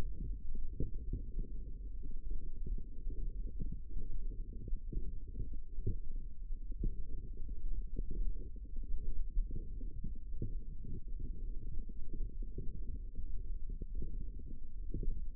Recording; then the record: forearm muscle sounds (acoustic myography)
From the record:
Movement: forearm supination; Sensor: system 1, eight BSWA MPA416 microphones around the upper forearm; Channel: 8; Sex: female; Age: 22 years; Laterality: right